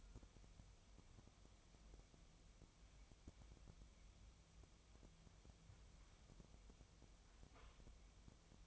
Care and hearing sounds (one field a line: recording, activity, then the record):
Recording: daily activity, microphone in the room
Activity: wipe stove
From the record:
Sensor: 1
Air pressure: 1004.8 hPa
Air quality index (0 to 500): 78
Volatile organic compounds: 2 ppm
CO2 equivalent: 1044 ppm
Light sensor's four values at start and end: 9/23/9/10 and 9/23/9/10